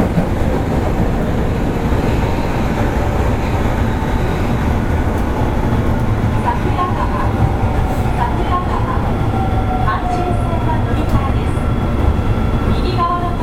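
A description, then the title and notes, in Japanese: Running noise from an Osaka Municipal Subway Series 25 train on the Sennichimae Line: a steady, dense low rumble and rattle of wheels on track throughout. From about six seconds, faint tonal whines and squeals rise and shift over the roar, with brief bright clicks. 大阪市営地下鉄の25系電車の走行音。収録区間は、なんばから玉川です。大阪市営地下鉄25系 千日前線 なんばから玉川まで。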